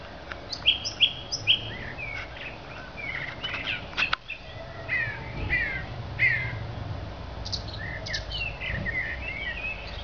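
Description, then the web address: Thrush song, a varied run of clear whistled phrases and chirps, with several brief notes repeated in quick succession, over a low steady background hum. "Zingende lijster"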